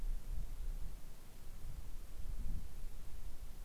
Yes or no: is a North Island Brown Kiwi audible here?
no